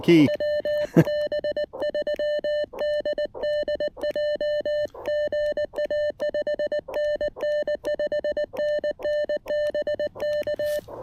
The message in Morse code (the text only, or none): WB3DDJ GA 5NN 5NN BK